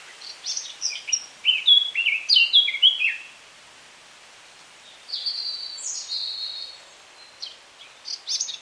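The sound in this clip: Eurasian Blackcap song: a rapid, varied warbling phrase of quick chirping notes for about three seconds, a pause, then a second run of notes and a few scattered notes.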